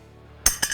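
A heavy, pill-shaped metal magnetic stir bar is dropped into a glass flask sitting on a magnetic stirrer. It snaps into place against the magnet with a sharp glass clink at 0.5 s, followed by a softer second clink at 0.6 s. The stir bar is seated.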